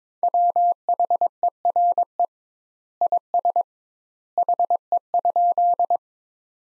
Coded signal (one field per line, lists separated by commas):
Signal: Morse code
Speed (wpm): 22 wpm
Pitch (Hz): 700 Hz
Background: none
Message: WHERE IS HE?